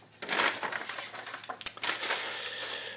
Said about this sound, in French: Les belles feuilles que l'on froisse, ça, reconnais-tu mon oncle Rénal?